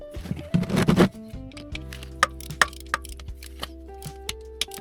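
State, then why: Torque reached. A pre-calibrated torque wrench with a 13 mm socket set to 35 Nm tightens the lower sump drain plug, fitted with a new seal, into the engine oil sump of a 2020 Royal Enfield Interceptor motorcycle, over steady background music. After a louder burst of activity near the start, sharp, loud clicks at 2.2, 2.6, 2.9 and 4.6 seconds mark the wrench reaching its setting. The plug is torqued to spec.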